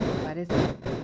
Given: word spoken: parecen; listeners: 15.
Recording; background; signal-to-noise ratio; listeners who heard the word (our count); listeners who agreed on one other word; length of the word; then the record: one Spanish word in noise, from a listening test; noise modulated by one talker; -8.5 dB; 0 of 15; 13 of 15; 0.64 s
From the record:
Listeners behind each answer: 13, 1, 1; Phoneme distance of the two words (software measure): 7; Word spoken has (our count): 3 syllables, 7 phonemes, stress on syllable 2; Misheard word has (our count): 3 syllables, 6 phonemes, stress on syllable 2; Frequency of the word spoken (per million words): 61.25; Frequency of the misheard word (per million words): 357.59